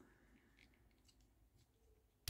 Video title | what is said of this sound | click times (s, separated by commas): [SHADDOW'S LIFE] Top 5 2020 [FR] | donc ça c'est se clipse | 2.3 s